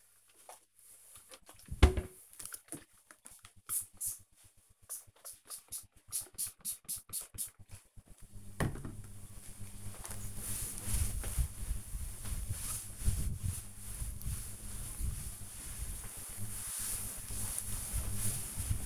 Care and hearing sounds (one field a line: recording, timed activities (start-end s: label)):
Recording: household activities, microphone on the right wrist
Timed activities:
0.00-18.86 s: cleaning table